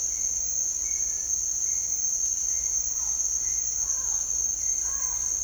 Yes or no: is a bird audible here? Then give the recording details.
yes. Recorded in dense forest near Puerto Asís, Putumayo, Colombia, on 9 March 2025 at 07:30. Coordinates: 0.499, -76.324. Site GP03